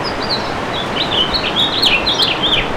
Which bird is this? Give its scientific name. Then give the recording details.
Haemorhous mexicanus. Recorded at Merrick on Long Island, New York, on 17 May 2013. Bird D